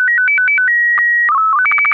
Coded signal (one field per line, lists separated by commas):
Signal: SSTV (slow-scan television)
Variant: Robot BW 8